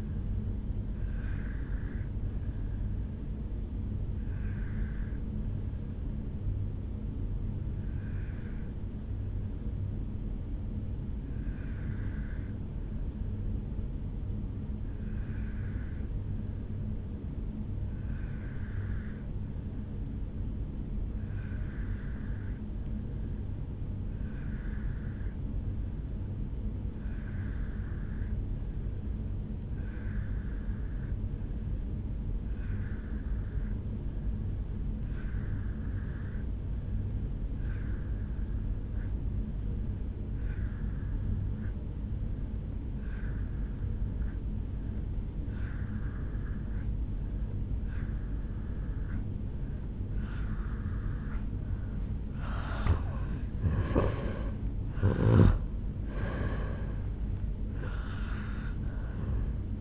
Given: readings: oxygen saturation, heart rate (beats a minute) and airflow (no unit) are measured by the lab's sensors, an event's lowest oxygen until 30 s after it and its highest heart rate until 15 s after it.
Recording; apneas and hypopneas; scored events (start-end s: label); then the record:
breathing in sleep by a smartphone at the bedside; 1
6.00-52.90 s: obstructive apnea (N2, oxygen 97% highest, then 83% lowest, heart rate 60 at the start, 77 highest)
From the record:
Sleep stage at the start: N2 (light sleep); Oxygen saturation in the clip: 82 to 97%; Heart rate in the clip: 58 to 77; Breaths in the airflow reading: 3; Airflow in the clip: -10.3 to 6.9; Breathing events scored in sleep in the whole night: 449 in 7.0 hours asleep